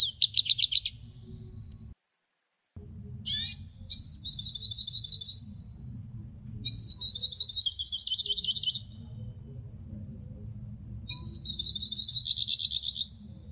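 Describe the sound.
Hooded siskin twittering song in several fast bursts of high, metallic trilled notes, some dropping slightly in pitch toward the end, with quiet low hum between phrases.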